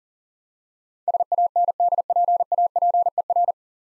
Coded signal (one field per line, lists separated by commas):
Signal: Morse code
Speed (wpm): 43 wpm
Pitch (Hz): 700 Hz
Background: none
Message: SANDPAPER